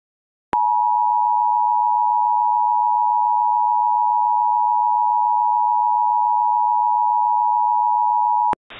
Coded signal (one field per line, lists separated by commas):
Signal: Emergency Alert System (SAME) tones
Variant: 853 and 960 Hz attention tone